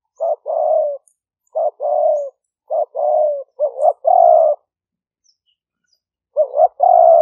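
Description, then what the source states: Spotted dove coos in several phrases, short note then a drawn-out falling coo, a stuttered double note before one, and a gap before the last. Vietnamese cooing style called "5 hậu".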